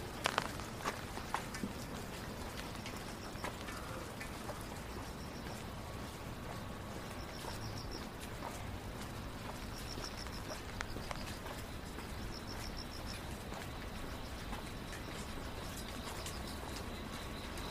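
A walk downtown on a rainy night: a steady wash of rain and wet hiss fills the whole clip, with a low rumble of traffic underneath. Short bright chirps recur every second or two high above, and a few sharp ticks and taps stand out near the start.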